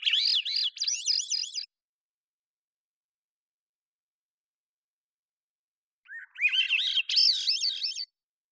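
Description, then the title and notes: Swainson's thrush song: two bursts of spiralling, upward-rolling flutelike phrases separated by a few seconds of silence, with no other sounds. Single male singing at natural pace, cleanly processed parabolic recording, Pacific Northwest, Washington, United States. "BIRDSong Thrushes And Allies - Swainson's Thrush. long take of a single male Swainson's Thrush singing, natural pace and rhythm maintained, cleanly processed from parabolic recording Recorded in the beautiful Pacific Northwest, Washington, United States"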